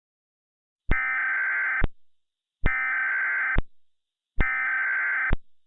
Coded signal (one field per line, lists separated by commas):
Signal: Emergency Alert System (SAME) tones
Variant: header bursts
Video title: EAS Scenario: Dandy’s World: Ichor Infection